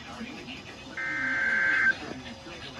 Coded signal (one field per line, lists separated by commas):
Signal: Emergency Alert System (SAME) tones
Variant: header bursts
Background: speech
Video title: EAS #664-666 2 Severe Thunderstorm Warnings